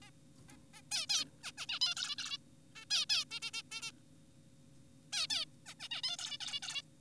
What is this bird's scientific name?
Taeniopygia guttata